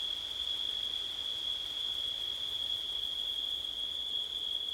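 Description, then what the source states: Crickets in a steady, continuous high trill that holds one even pitch without a break throughout, with a faint hiss behind it. Night in September, with wind.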